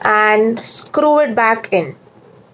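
Someone talks while a plastic insulin pen cartridge holder is being screwed back onto the pen body after a new cartridge has been added. Only speech is heard, fading to quiet near the end. The holder has not clicked into place yet; that click is what confirms the top part is held securely.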